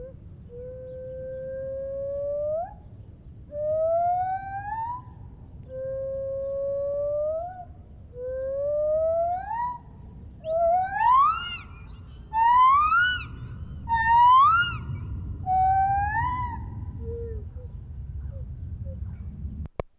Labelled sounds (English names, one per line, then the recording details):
Lar Gibbon
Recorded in captivity
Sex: group
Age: adult
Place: Tierpark Berlin, Berlin, DE
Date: 1971-07-31
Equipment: Uher 4200 Report Stereo, Sennheiser MD 421, Tesla-Verstärker
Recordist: Tembrock, Günter
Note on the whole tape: Gruppe in der Freianlage, Rufe und Gesang eines dunkleren Weibchens, ein anderes fällt meist mit helleren Lauten ein, Abstand ca. 20 m